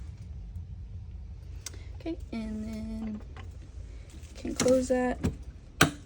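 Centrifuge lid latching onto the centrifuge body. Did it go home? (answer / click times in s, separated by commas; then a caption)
yes / 5.8 s. Someone talks while closing the hinged hood of a veterinary centrifuge loaded with balanced urine tubes. A sharp click at 5.8 seconds marks the latch catching, and the lid is seated shut on the centrifuge body.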